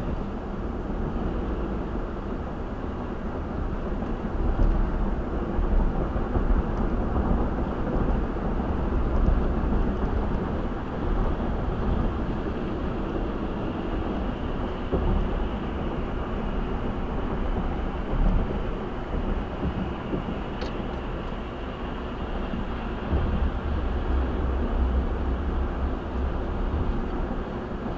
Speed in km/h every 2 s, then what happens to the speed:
84, 87, 89, 90, 95, 95, 93, 95, 92, 89, 87, 89, 90, 90.
0-9 speeds up to 95. 9-19 slows to 87. 19-28 steady at about 89.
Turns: none.